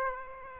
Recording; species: mosquito wingbeat signal from an infrared sensor; Aedes aegypti